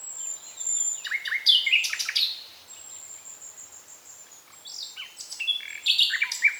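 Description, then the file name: Common nightingale song: two vigorous phrases of slurred whistles and quick rattling notes, separated by a few seconds of soft high twittering. "Luscinia megarhynchos"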